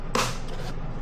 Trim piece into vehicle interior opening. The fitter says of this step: pushing in the top. And you can hear that nice click.